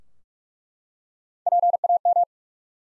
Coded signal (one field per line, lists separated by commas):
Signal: Morse code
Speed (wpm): 47 wpm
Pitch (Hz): 700 Hz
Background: none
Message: PAM